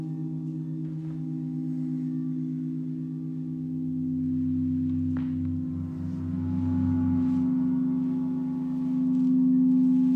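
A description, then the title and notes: Gongs and singing bowls ring in a sustained, layered wash, their low tones humming and beating steadily throughout. Around five seconds a brief metallic strike adds a bright accent, and the drone gradually swells louder toward the end, with a shimmering high overtone emerging. Gong Bath. Steve Gong runs classes for groups in a church hall in Ainsdale Merseyside.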